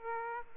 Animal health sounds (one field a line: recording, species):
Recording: mosquito wingbeat signal from an infrared sensor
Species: Aedes aegypti